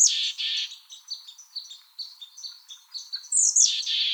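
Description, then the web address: Mexican chickadee calls: a buzzy burst, then a run of soft repeated chips, ending with another high, harsh buzzy note. "Chickadees Allies AZFO MECH CALLS deviche"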